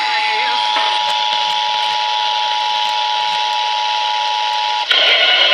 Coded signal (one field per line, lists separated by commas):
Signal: Emergency Alert System (SAME) tones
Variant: 853 and 960 Hz attention tone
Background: speech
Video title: NOVEMBER'S TEST... EAS Test Alerts From 11/4/25 - 11/26/25 (EAS#4,952 - 4,982)